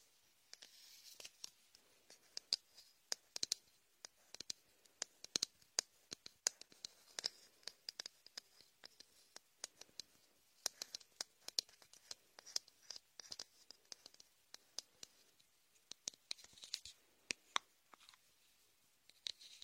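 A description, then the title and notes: Latex gloves work shaving foam in an ear massage, producing a steady stream of bright, crisp crackles and sticky pops. The clicks come irregularly and densely for the whole twenty seconds, with brief busier bursts and short quieter gaps, and almost nothing low underneath. Latex ear massage with shaving foam for comfort.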